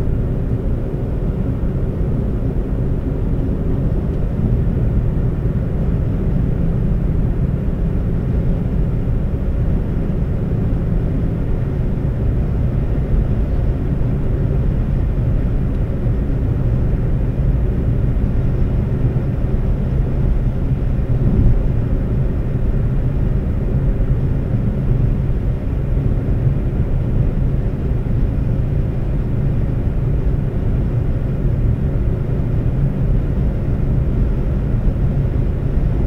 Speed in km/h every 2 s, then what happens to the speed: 119, 121, 122, 124, 126, 127, 129, 130, 130, 130, 130, 130, 130, 129, 129, 129, 129, 130.
0-13 speeds up to 130. 13-36 steady at about 130.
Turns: none.